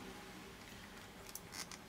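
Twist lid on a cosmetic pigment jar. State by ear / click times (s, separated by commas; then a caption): seated / 1.3 s. After a spill, a plastic screw lid is twisted onto a small cosmetic pigment jar, and the lid seats with a sharp little click at 1.4 seconds. Softer ticks from the turning lid come around 1.3 and 1.7 seconds over a low, steady background hum.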